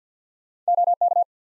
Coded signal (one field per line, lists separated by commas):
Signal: Morse code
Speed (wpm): 46 wpm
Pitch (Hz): 700 Hz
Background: none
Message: OK